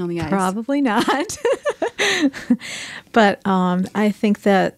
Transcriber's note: laughter